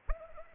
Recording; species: mosquito wingbeat signal from an infrared sensor; Anopheles arabiensis